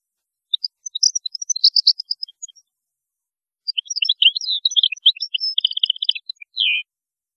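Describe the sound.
European goldfinch song: two bursts of rapid, tinkling high twitters and buzzy notes, ending in a short downslurred buzz, on a silent background.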